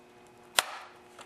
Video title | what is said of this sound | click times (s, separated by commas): HOW TO - Carburetor & Fuel Line Repair on STIHL 017, MS170, 018, M180 Chainsaw Part 3/3 | you're going to hear it click like that and now when you move it you can see that it works | 0.6 s